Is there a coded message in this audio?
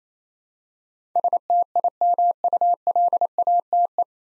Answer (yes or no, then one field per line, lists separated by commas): yes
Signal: Morse code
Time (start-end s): 1.2-4.0 s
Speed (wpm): 27 wpm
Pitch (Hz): 700 Hz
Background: none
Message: STIMULATE